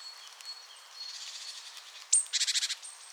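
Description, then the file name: Great tit call: a faint thin tone, then a sharp high note followed by a rapid rattling churr of about six buzzy pulses. "Parus major"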